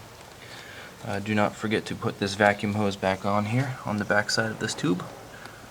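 On a 2008 Pontiac Grand Prix, during a mass air flow sensor and throttle body cleaning, a small vacuum hose is handled to go back onto its nipple on the back side of the air intake tube while someone talks. A brief sharp sound comes near 5.5 s, but nothing has seated or clicked yet.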